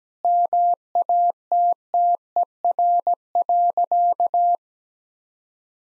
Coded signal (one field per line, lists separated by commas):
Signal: Morse code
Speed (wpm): 17 wpm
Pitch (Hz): 700 Hz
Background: none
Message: MATTER.